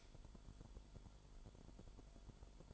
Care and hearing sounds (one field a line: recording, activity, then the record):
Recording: daily activity, microphone in the room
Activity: light on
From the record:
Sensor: 5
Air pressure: 1008.0 hPa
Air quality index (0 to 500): 103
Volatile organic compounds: 1 ppm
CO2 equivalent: 802 ppm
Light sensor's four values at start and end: 34/79/32/33 and 35/80/33/33